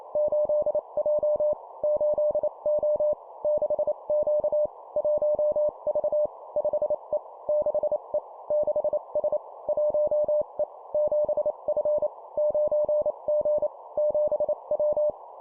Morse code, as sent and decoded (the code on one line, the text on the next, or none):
---.. .--- / ---.. --- / -.... --.- / .---- ...- / ..... . / -.... . / -.... ... / .---- . / --... ..-. / ----. --. / --... .--
8J 8O 6Q 1V 5E 6E 6S 1E 7F 9G 7W